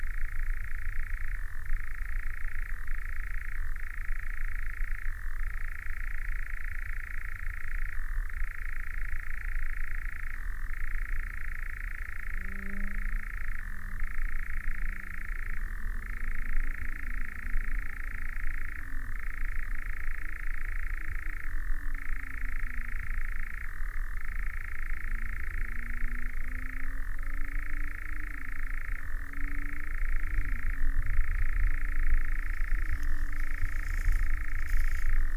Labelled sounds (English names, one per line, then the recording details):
Eurasian Nightjar
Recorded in the wild
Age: adult
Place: Schönow, Naturpark Barnim, Brandenburg, DE
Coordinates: 52.6897, 13.5131
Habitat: heathland
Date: 2007-07-08 22:45
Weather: heiter, 13°C, fast windstill
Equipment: Sound Devices 702, Sennheiser MKH 416 T, Windkorb
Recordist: Frommolt, Karl-Heinz